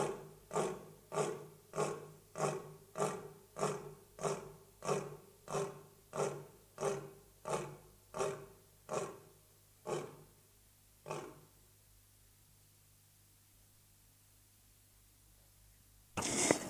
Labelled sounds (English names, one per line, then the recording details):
Lion call
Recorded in captivity
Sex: male
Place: Tierpark Berlin, Berlin, DE
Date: 2004-09-14 16:40
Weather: sunny, 20°C
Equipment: Sony WM-D6C, Sennheiser ME 80, Kopie Uher 4000 Report Monitor
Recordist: Tembrock, Günter
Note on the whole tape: Indischer Löwe (P.l.persica): Rufreihe